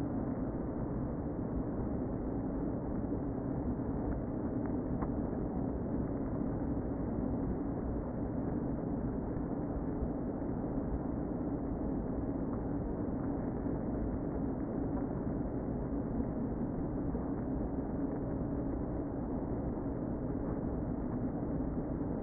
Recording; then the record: honeybee colony, microphone inside the hive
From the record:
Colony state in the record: queen present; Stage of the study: before two queens were removed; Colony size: about 60,000 bees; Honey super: yes